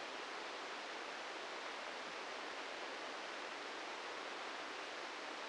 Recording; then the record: brain microelectrode recording played as sound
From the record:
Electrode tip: inside the subthalamic nucleus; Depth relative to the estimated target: -3 mm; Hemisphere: right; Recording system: NeuroSet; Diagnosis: Parkinson's disease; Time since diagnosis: 13 years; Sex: male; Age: 65 years